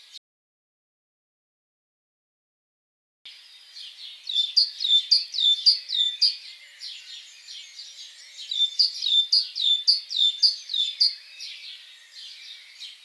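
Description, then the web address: Great tit song begins after a few seconds of silence, then runs on as rapid, rhythmic repeated notes in two strong phrases. "SETE data Parus major"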